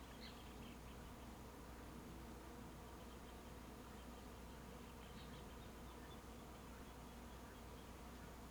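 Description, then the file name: Bees giving a steady, low continuous buzz throughout, with faint brief bird chirps now and then above a constant background hum. Bees in a rural setting, with birds in the background. "Abelhas em ambiente rural com passaros e grilos"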